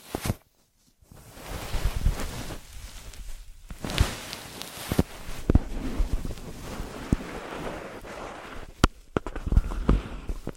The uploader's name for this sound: Ear Massage, Cleaning